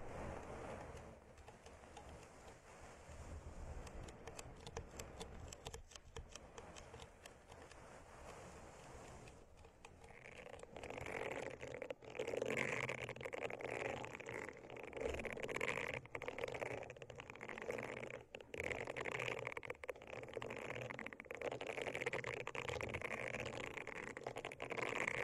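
Plants are rubbed in circles around the ears, making a steady, dense rustling with scattered crackles. The first ten seconds are softer and thinner; after that the scratchy swishing grows louder and fuller, broken by brief sharp gaps and taps.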